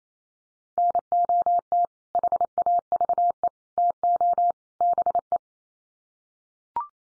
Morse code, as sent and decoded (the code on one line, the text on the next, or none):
-. --- - / .... .- ...- . / - --- / -... .
NOT HAVE TO BE